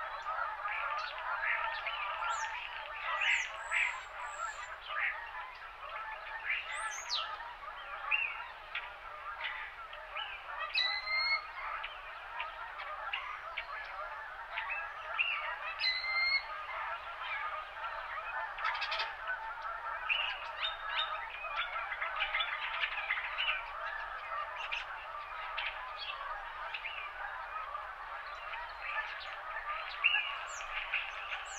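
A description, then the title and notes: Winter morning birds and geese fill the recording with a dense, steady chatter of overlapping calls in the middle and upper range. High, short chirps and whistles break through now and then, most clearly around eleven and sixteen seconds, over a faint low rumble. Winter Morning Birds and Geese.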